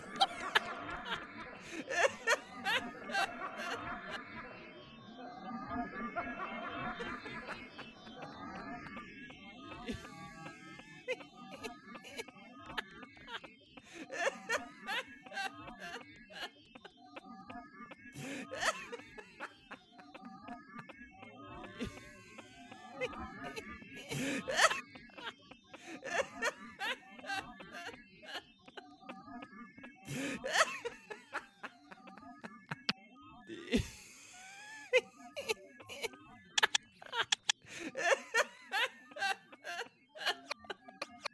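Laughter in a theatre rises and falls throughout, with bursts of chuckling and snickering over a steady low murmur of voices. Sharp clicks and claps punctuate it, grow more frequent after about 24 seconds, and a loud burst lands near 34 seconds.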